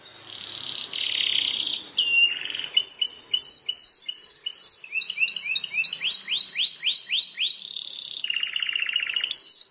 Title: Ciblek Sawah